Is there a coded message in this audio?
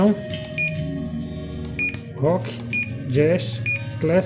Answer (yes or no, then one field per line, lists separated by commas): no